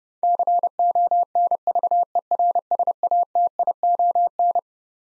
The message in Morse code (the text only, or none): CONVERSATION